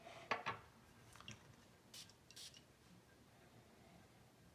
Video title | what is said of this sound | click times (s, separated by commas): Can't Miss? Mens Versatile Fragrances!! | got that magnetic cap snaps into place i love that | 0.3 s